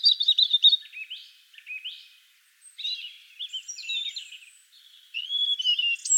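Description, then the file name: European robin giving short high warbled phrases separated by brief pauses, mixing thin whistles, slides and trills. "Erithacus rubecula"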